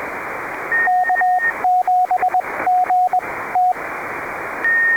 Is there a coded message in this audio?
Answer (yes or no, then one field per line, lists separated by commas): yes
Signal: Morse code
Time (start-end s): 0.9-3.7 s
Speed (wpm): 20 wpm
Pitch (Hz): 730 Hz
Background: radio noise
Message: K7GT